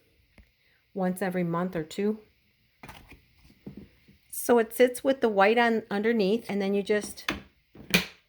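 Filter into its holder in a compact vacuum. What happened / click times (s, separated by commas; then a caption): The plastic filter parts popped together / 7.9 s. Someone talks while pressing the filter, white side underneath, into its plastic holder in a compact Bissell Power Force Model 2690 vacuum. A single fairly loud pop is heard at 8.0 s as the filter parts pop together and seat.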